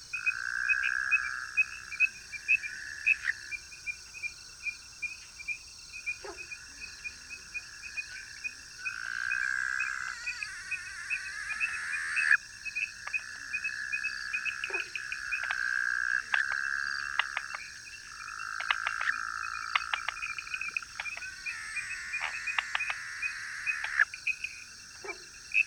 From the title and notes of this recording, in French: Grenouilles de Taiwan. Prises de son, montage & mixage : Yannick Dauby. Une balade de mare en mare en croisant les chants des batraciens.